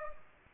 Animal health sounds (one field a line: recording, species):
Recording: mosquito wingbeat signal from an infrared sensor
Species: Aedes aegypti